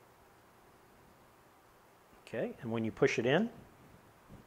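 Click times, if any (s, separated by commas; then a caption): none. The terminal pin on the red wire from the harness is lined up with the red hole marked number one in a Pollak 7-pole fifth wheel/gooseneck T-connector housing, ready to be pushed in. The first two seconds are near silent. From about 2.3 s to 3.5 s someone talks, and nothing has seated or clicked yet.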